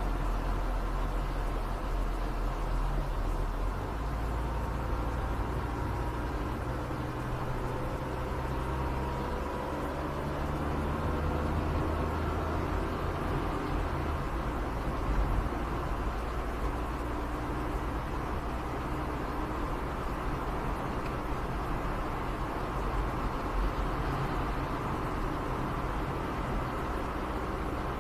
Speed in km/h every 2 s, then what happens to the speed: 91, 91, 91, 90, 90, 87, 84, 84, 84, 83, 84, 80, 77, 75.
0-28 slows to 75.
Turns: none.